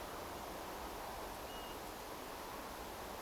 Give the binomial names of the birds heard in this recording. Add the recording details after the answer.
Pluvialis apricaria. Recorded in France